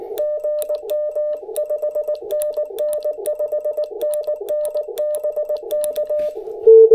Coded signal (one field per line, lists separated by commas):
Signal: Morse code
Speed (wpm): 19 wpm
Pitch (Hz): 600 Hz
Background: none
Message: GM 5NN 5NN BK